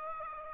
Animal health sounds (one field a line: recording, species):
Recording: mosquito wingbeat signal from an infrared sensor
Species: Aedes aegypti